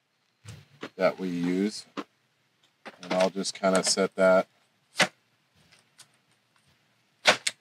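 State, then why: Seated. A power-tool battery pack is slid into a cordless hedge trimmer while someone talks, with a few soft knocks between phrases. At 7.5 s a sharp, short click rings out as the battery latches and seats in the trimmer.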